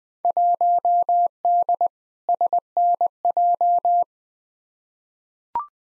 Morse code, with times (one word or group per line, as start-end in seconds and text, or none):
0.2-1.9 1D
2.3-4.0 SNJ